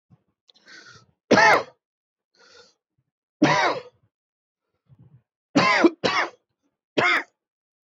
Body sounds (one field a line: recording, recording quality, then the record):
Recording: heavy voluntary cough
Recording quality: excellent, no background noise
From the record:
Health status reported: COVID-19 positive, mild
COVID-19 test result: positive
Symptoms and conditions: cold, fatigue, loss of smell and taste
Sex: male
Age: 34 years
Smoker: yes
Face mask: not worn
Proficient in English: yes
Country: India